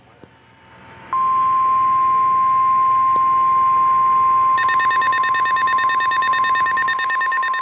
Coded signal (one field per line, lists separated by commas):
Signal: Emergency Alert System (SAME) tones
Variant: 1050 Hz attention tone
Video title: QUADRUPLE THE WEEKLIES?! NOAA Weather Radio EAS: Required Weekly Test (EAS #359-362)